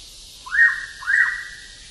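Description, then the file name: Hooded pitta call, a double whistle whose notes each start with a brief upward slide before leveling off, in quiet surroundings. "pitta sordida"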